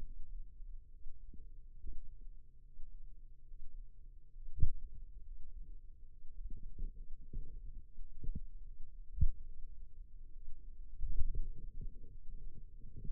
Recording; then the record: forearm muscle sounds (acoustic myography)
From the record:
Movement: finger pinch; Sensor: system 2, bracelet of six BSWA MPA416 microphones around the upper forearm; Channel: 6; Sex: male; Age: 22 years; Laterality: right